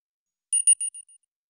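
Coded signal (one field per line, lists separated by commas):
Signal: pager alert tone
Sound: five quick high-pitched electronic beeps, each quieter than the last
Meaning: Incoming message alert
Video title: Pager Ringtone (Ringtone and Phone Alert)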